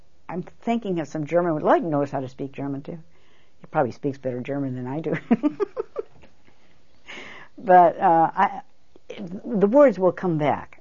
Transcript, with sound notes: I'm thinking of some German. Lloyd knows how to speak German too. He probably speaks better German than I do. (She laughs.) But, uh, the words will come back.